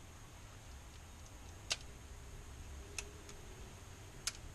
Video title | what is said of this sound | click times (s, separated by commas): Rockola 1428, 1426, 1424, 1422 Selector | there it's locked in so that in that particular case it's going to play one of the upper records um | 4.3 s